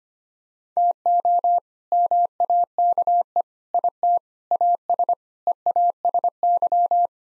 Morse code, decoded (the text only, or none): TO MAKE IT AS EASY